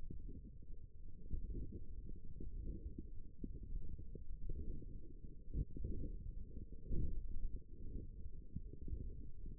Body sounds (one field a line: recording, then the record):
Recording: forearm muscle sounds (acoustic myography)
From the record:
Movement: wrist flexion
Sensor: system 1, eight BSWA MPA416 microphones around the upper forearm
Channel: 3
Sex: female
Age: 21 years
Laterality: right